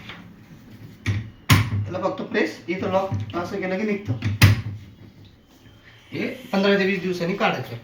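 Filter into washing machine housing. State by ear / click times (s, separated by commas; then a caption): seated / 1.1 s, 1.5 s. After cleaning, the plastic filter piece of an IFB washing machine is refitted into the housing the way it was removed, with its side lock pushed fully home; pressing that lock releases it. Sharp clicks at 1.1 s and 1.5 s mark the filter locking into place, and it is seated. Someone talks throughout.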